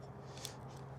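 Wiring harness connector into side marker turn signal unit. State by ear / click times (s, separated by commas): not seated / none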